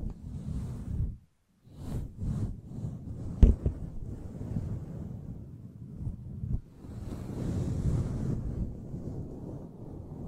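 A microphone is brushed and scratched, making rough, rumbling rubs with a brief silent gap near one second. Strokes come in uneven bursts, with a sharp knock around three and a half seconds and a louder, sustained scraping swell near eight seconds.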